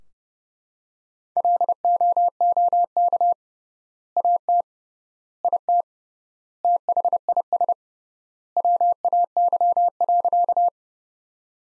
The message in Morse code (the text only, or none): LOOK AT IT THIS WAY.